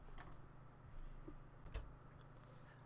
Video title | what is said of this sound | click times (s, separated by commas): SilverStone Grandia GD08 HTPC Case Review | you'll hear it snap and then that should be okay | 0.2 s, 1.8 s, 2.2 s